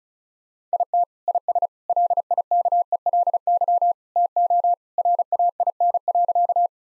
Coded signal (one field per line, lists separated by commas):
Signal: Morse code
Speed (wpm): 34 wpm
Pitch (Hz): 700 Hz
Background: none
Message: IT IS LIKELY TO RAIN.